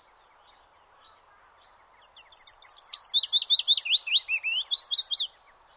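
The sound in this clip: Willow warbler singing a fast phrase of many slurred whistled notes that gradually drop in pitch, preceded by soft thin notes, with faint background noise.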